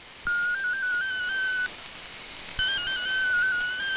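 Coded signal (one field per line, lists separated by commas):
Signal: multi-tone FSK (Olivia or MFSK type)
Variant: MFSK16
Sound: warbling single tone hopping rapidly among close pitches, in two bursts with a pause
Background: radio static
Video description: Japanese text transmission mode : MFSK16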